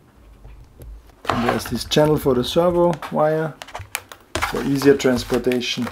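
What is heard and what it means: A detachable part of an AtomRC Penguin RC foam plane is handled while being fitted into its EPP airframe for transport, ready to lock in with a white plastic clip. Someone talks over brief handling noises. Nothing has seated or clicked yet.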